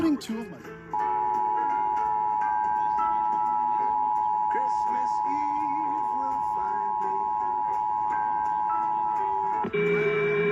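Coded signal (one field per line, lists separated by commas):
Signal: Emergency Alert System (SAME) tones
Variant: 853 and 960 Hz attention tone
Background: speech, music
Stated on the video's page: Required Weekly Test captured from AM, FM and TV broadcast stations.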